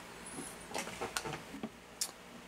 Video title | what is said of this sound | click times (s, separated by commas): Duraspark Recurve | it clip snaps into place | 1.2 s